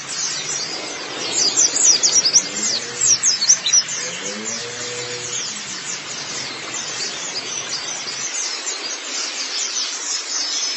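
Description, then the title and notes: White-eye twittering song, a steady wash of high thin chirps. "Kicauan Burung Pleci Durasi Panjang. Suara kicauan burung pleci"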